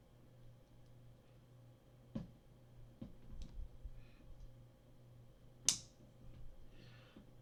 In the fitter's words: That was a satisfying snap.